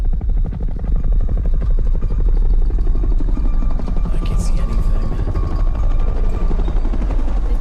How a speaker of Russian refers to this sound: Похоже, вертолеты. Да, но наши или их?